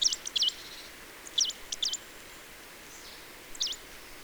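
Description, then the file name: Marsh tit calling, sharp high notes given in short groups of two or three separated by pauses, over faint background hiss. "Poecile palustris"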